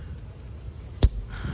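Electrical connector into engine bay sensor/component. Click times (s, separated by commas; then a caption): 1.0 s. An electrical connector is plugged back into a component in the engine bay of a BMW 335i during an intake install. A single sharp click is heard at 1.0 s against low background noise, and the connector seats.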